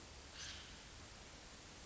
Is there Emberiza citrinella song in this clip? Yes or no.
no